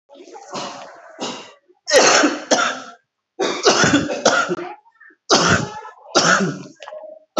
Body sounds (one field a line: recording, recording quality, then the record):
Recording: heavy voluntary cough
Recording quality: excellent, no background noise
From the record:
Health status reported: COVID-19 positive, mild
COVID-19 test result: positive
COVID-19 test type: RT-PCR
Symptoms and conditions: cough, cold, fever, fatigue, loss of smell and taste, hypertension, diabetes, another condition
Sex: male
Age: 56 years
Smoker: no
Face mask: not worn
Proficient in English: yes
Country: India